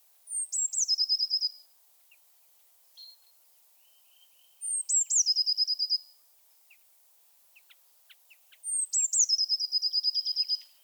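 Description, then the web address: Eurasian blue tit song: high thin introductory notes sliding down into a rapid even trill, repeated about every four seconds, with faint short call notes between phrases. "Aktivitetsbanken. Fuglelyder Blåmeis"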